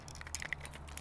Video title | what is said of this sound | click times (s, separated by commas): More Glide Baits! New Swimbaits Just Came In - Big Bass Dreams Mail Call | once you get good at it man it pops right into place just like | 0.5 s